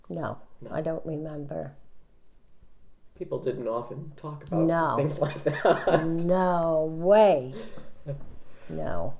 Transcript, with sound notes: No, I don't remember.
People didn't often talk about things like that. ( they laugh )
No way. No.